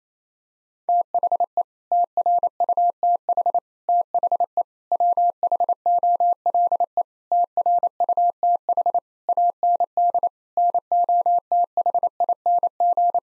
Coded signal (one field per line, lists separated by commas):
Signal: Morse code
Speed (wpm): 28 wpm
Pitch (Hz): 700 Hz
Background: none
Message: THE TRUTH THE WHOLE TRUTH AND NOTHING